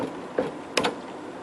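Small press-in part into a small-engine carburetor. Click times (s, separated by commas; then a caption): 0.8 s. A second small press-in part is pushed into a Briggs 500 Series carburetor being rebuilt on a dumpster-find lawnmower. After a softer knock near 0.4 s, a sharp, bright snap at 0.8 s is followed by a brief rattle. The part is seated.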